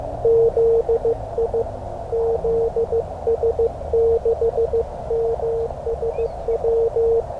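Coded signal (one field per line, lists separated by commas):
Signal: Morse code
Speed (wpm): 15 wpm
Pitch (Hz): 460 Hz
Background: none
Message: ZI ZS6MSW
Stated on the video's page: Morse practice session ahead of a CW RaDAR event.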